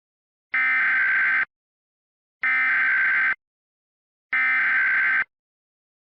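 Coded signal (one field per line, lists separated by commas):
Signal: Emergency Alert System (SAME) tones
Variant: header bursts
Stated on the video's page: Real Child Abduction Emergency alert with valid tones, personally recorded.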